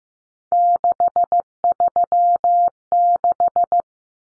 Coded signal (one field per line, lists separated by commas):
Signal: Morse code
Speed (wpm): 15 wpm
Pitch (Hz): 700 Hz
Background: none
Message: 636